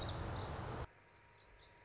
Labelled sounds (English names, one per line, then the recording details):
Lazuli Bunting
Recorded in Sonoma County, California